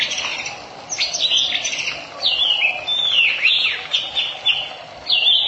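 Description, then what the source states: Oriental magpie-robin song, flowing whistled phrases with downward-curving and rising notes, sweet and varied, over a faint background hiss. Long-duration song.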